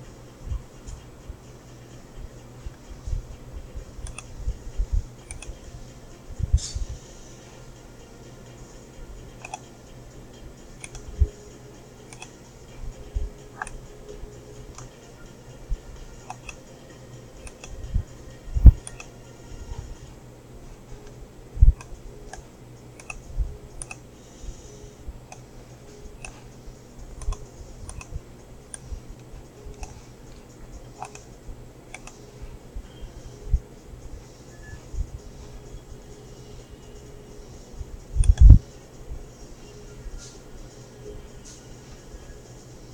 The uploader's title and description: Field stripping Derringer. Field stripping a Derringer in the free to play Steam game "World Of Guns."